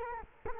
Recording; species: mosquito wingbeat signal from an infrared sensor; Culex quinquefasciatus